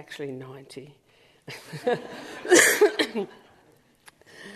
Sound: laughter